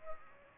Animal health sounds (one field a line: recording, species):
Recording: mosquito wingbeat signal from an infrared sensor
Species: Aedes aegypti